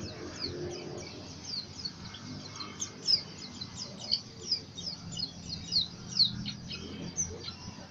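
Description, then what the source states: White-eye song: thin, high downslurred notes in an uneven series amid fainter high twittering, over a low background hum. East Java; singing style described as 'macok'.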